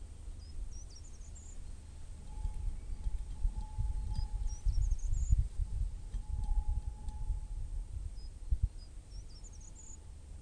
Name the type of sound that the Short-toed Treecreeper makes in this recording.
song